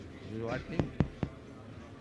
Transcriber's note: taps microphone